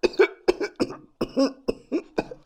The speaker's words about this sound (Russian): Он закашлялся, но динамики исказили звук, и кашель превратился в утробный лай.